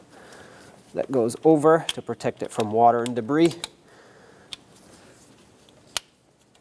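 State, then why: Seated. Someone talks as a small rubber/plastic protective cap is pushed over the alternator output terminal stud on a 1997-2001 Lexus ES300 to protect it from water and debris. After a faint tick at 4.5 s, a sharp snap at 6.0 s marks the cap seating over the terminal.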